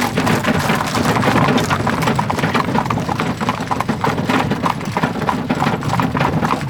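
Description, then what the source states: Horse hoofbeats clopping amid continuous rumbling carriage noise. Horse pulling a carriage, slowing down.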